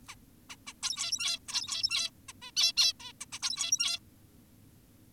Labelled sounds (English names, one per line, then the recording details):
Zebra Finch
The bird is an adult
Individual g17y2U